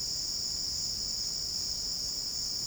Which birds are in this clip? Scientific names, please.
none